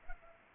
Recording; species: mosquito wingbeat signal from an infrared sensor; Culex pipiens